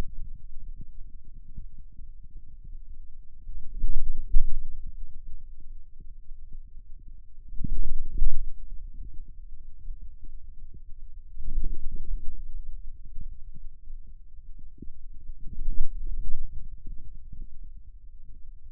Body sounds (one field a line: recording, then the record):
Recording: forearm muscle sounds (acoustic myography)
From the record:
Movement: outward rotation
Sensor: system 2, bracelet of six BSWA MPA416 microphones around the upper forearm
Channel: 5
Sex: male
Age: 22 years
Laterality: right